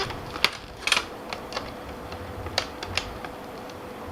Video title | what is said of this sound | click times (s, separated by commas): Using Philips BiPAP A40 Non Invasive Ventilator | When you're pushing in, you can hear a clicking sound. | 0.4 s